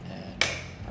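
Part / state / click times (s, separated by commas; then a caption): security camera internal module into camera housing / seated / 0.4 s. A Wyze Camera v3 internal camera module, with its SD card reader lined up to the slot at the bottom of the plastic housing, is pressed into the housing. After quiet low background noise, a single sharp click at 0.4 s rings briefly in the upper frequencies and fades within about 0.2 s. The module is seated in its housing.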